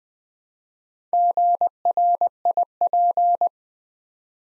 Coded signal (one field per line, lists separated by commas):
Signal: Morse code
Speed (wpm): 20 wpm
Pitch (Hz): 700 Hz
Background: none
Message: GRIP